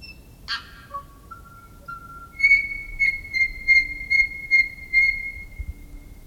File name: tui song